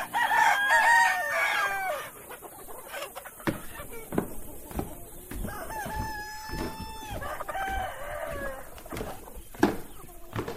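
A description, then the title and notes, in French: Farm animals, with a rooster crowing at the start and again around six and eight seconds, long wavering calls. Between crows come clucks and short sharp knocks and rustles, with a steady low murmur underneath and a loud click near ten seconds. A la ferme avec ses animaux.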